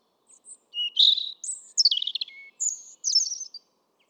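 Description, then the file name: European robin song, a continuous rippling phrase of varied high whistles, trills and sliding notes, over three seconds long, with no background noise. "Erithacus rubecula"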